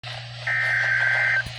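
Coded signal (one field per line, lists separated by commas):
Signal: Emergency Alert System (SAME) tones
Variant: header bursts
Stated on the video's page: Severe thunderstorm warning received off a weather radio station.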